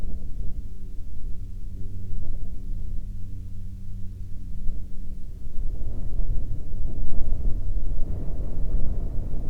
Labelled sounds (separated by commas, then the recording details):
wind, aircraft
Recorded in the Prudhoe Bay oil fields, Alaska, on 5 May 2021 at 14:01
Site 19